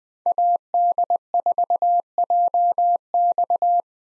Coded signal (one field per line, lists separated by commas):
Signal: Morse code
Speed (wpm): 20 wpm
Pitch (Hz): 700 Hz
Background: none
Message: AD4JX